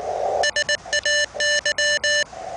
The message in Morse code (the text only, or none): SAY